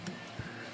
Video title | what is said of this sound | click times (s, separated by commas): Remington Typewriter Dual Tabulator Rack, Unique Feature | it's got a little detent so it locks into place | 0.1 s